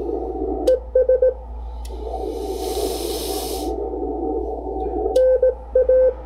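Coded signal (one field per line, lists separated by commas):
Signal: Morse code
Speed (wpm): 18 wpm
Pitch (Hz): 510 Hz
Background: radio noise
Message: ES NA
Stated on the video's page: Amateur radio CW ragchew and code practice.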